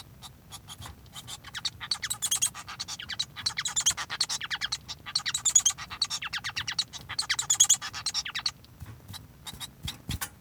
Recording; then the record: song of a male Bengalese finch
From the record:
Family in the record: son of father 1